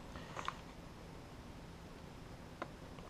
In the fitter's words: okay and it gives a little click when it's in